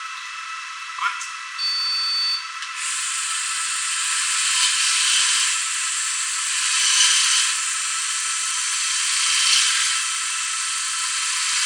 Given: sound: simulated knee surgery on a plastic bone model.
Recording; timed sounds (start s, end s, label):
surgical tools on bone
4.20	5.45	drilling into bone
6.69	7.47	drilling into bone
8.77	9.94	drilling into bone
11.31	11.65	drilling into bone